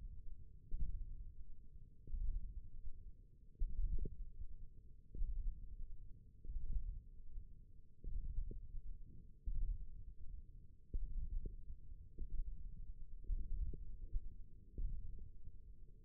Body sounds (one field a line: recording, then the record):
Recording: forearm muscle sounds (acoustic myography)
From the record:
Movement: radial deviation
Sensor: system 1, eight BSWA MPA416 microphones around the upper forearm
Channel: 1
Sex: female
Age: 21 years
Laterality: right